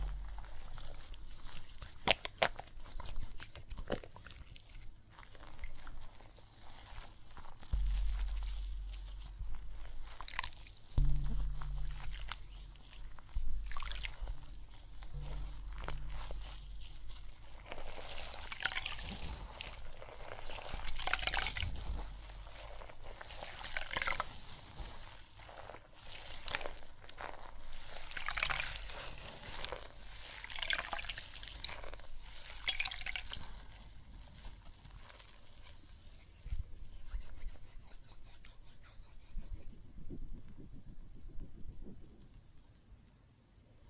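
Water and soap foam fizz and crackle in dense, bright bursts of tiny pops that swell and ease without a steady rhythm. A low rumble sits underneath around eight to sixteen seconds, and the crackling thins and quiets after about forty seconds.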